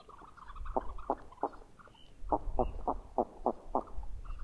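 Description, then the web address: Northern pintail calls: a rapid series of short notes, about three per second, over a low rumbling background. Common western North American species. "Songs of Birds of North America Know Your Bird Sounds. Northern Pintail"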